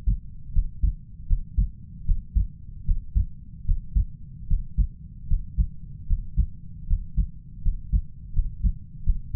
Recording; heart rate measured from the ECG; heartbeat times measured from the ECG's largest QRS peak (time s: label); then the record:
heart sounds by stethoscope; 78 bpm
0.52 s: heartbeat
1.26 s: heartbeat
2.04 s: heartbeat
2.84 s: heartbeat
3.64 s: heartbeat
4.46 s: heartbeat
5.26 s: heartbeat
6.06 s: heartbeat
6.86 s: heartbeat
7.61 s: heartbeat
8.32 s: heartbeat
9.03 s: heartbeat
From the record:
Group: healthy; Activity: breath hold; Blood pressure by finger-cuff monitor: 103/76 mmHg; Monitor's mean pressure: 85 mmHg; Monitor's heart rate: 75 bpm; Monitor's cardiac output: 5.5 L/min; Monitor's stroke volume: 71 mL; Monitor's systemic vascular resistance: 1100 dyn s/cm5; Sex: male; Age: 20 years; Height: 187 cm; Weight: 68.9 kg